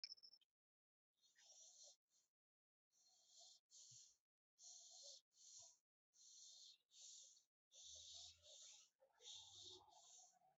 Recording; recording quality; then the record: shallow breathing; excellent, no background noise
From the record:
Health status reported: healthy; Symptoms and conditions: none ticked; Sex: male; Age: 53 years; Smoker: yes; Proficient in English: yes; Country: India